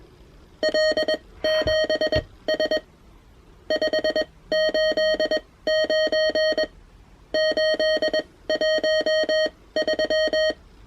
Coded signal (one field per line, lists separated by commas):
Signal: Morse code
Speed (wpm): 21 wpm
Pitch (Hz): 620 Hz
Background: none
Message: L7S 589 813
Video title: Arduino Morse Tutor Kit